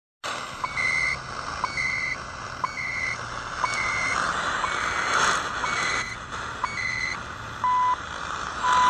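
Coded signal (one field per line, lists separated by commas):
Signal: radio time signal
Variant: CHU Canada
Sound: brief warbling data chirps each second, then 1 kHz beeps about 0.3 s long, in static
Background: radio static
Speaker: so I like the fact that it goes down to three megahertz like I'm getting right now THU on 3330 kilohertz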